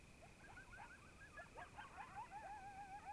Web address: Discover Oregon - Coyotes Coyotes 2015 Medlock Loudest Quiet Coyotes